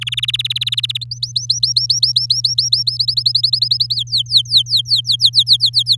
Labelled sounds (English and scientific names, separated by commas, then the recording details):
Domestic Canary (Serinus canaria) song
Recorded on 8 May 2018 at 05:50
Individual llb16